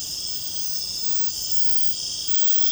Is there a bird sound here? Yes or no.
no